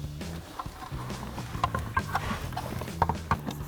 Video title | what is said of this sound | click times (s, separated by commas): 2021-2026 F-150 Amp Research PowerStep Xtreme Running Boards Review & Install | J'ai entendu le clip s'enclencher, donc c'est bien fixé. | 3.0 s